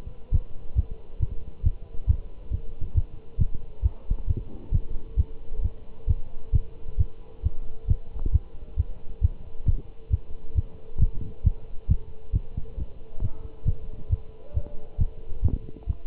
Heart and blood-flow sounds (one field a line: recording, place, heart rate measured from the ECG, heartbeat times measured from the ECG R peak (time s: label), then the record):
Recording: heart sounds by stethoscope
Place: between the tricuspid and mitral areas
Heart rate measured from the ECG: 135 bpm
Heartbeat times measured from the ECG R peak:
0.33 s: heartbeat
0.77 s: heartbeat
1.21 s: heartbeat
1.65 s: heartbeat
2.08 s: heartbeat
2.52 s: heartbeat
2.96 s: heartbeat
3.40 s: heartbeat
3.84 s: heartbeat
4.29 s: heartbeat
4.73 s: heartbeat
5.18 s: heartbeat
5.64 s: heartbeat
6.09 s: heartbeat
6.54 s: heartbeat
7.07 s: heartbeat
7.44 s: heartbeat
7.89 s: heartbeat
8.34 s: heartbeat
8.78 s: heartbeat
9.23 s: heartbeat
9.67 s: heartbeat
10.12 s: heartbeat
10.57 s: heartbeat
11.01 s: heartbeat
11.45 s: heartbeat
11.90 s: heartbeat
12.34 s: heartbeat
12.79 s: heartbeat
13.23 s: heartbeat
13.67 s: heartbeat
14.11 s: heartbeat
14.55 s: heartbeat
15.00 s: heartbeat
15.44 s: heartbeat
15.88 s: heartbeat
From the record:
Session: Bruce protocol treadmill stress test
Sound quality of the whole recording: good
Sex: male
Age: 25 years